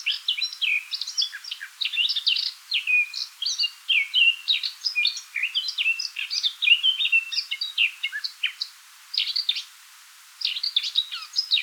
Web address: sylvia atricapilla call